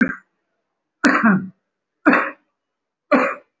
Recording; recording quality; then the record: heavy voluntary cough; excellent, no background noise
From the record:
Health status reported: respiratory illness, not identified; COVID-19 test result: negative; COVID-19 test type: RT-PCR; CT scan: not taken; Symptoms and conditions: cough, cold, breathing difficulty, fatigue, muscle pain, chronic lung disease, pneumonia, diabetes, another condition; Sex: male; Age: 55 years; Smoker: yes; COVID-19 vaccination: none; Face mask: worn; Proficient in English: no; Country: India